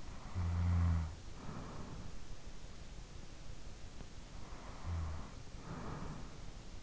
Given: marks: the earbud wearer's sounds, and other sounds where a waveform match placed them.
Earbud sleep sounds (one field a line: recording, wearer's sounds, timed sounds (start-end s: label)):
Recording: sounds in sleep by an in-ear microphone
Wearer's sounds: snoring breath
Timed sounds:
0.01-2.59 s: snoring breath
4.10-6.83 s: snoring breath